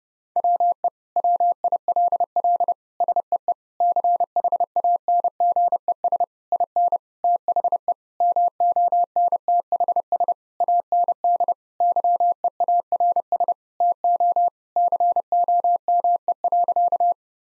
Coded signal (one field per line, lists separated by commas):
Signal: Morse code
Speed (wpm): 30 wpm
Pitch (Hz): 700 Hz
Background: none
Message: WE WILL SEE CHANGES IN THE MONTHS AND YEARS TO COME.